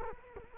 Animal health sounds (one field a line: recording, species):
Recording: mosquito wingbeat signal from an infrared sensor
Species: Culex quinquefasciatus